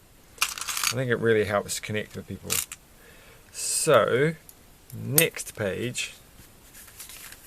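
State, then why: Not seated. While a Lego 31124 Super Robot plastic brick set is being built, a plastic building brick is handled over a brick model with a few brief, sharp handling sounds near the start as someone talks. Nothing has seated or clicked yet.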